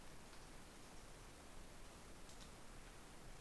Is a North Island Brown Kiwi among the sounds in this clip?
no